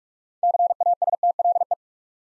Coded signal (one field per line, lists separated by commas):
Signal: Morse code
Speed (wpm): 44 wpm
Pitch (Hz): 700 Hz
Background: none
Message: CASTLE